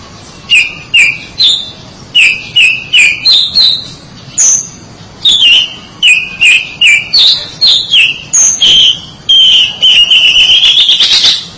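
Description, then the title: Oriental magpie-robin song: a long, varied series of rapid whistled notes at shifting pitches, ending in a sustained rising trill. "Suara Kicauan Burung Kacer Durasi Panjang"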